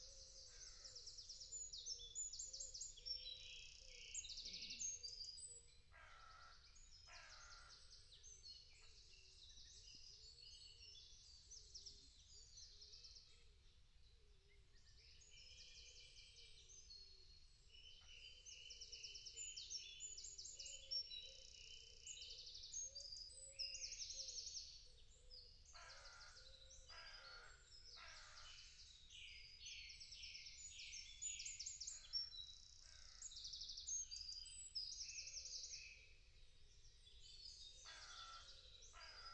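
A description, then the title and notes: A song thrush and dawn chorus birds sing in bright, repeated chirping phrases over a steady low rumble, busiest early and after 25 seconds. Dawn chorus. Song thrush scat.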